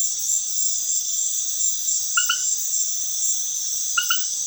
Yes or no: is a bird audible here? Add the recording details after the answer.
no. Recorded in dense forest near Puerto Asís, Putumayo, Colombia, on 20 February 2024 at 22:30. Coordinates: 0.505, -76.324. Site G6467